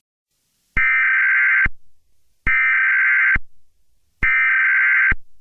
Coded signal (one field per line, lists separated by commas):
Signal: Emergency Alert System (SAME) tones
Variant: header bursts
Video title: This video is more than 100 MB in size. EAS Scenario: Drench Valley Sneak Peek